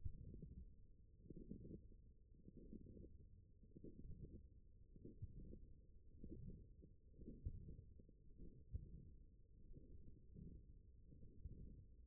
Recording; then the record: forearm muscle sounds (acoustic myography)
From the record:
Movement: forearm supination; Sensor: system 1, eight BSWA MPA416 microphones around the upper forearm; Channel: 1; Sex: male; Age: 21 years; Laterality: right